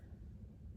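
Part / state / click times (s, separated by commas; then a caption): rear wheel onto stroller frame axle / not seated / none. A rear wheel is handled and pushed toward the axle and locking system on the frame of an UPPAbaby Vista V2 stroller in Stella, giving a steady low rumbling scrape with no sharp transients. Nothing has seated or clicked yet.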